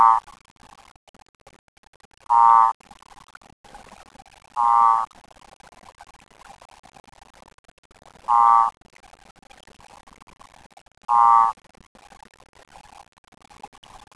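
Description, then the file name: Cordoba escuerzo advertisement calls: short pulsed trills, each about a third of a second, given at irregular intervals of roughly two and a half to four seconds, with faint background noise. Advertisement call recorded at 19.7 C. "Advertisement call Odontophrynus cordobae 19 7 C"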